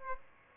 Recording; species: mosquito wingbeat signal from an infrared sensor; Aedes aegypti